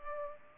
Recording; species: mosquito wingbeat signal from an infrared sensor; Culex pipiens